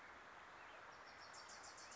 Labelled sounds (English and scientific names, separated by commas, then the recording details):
Wilson's Warbler (Cardellina pusilla)
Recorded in Sonoma County, California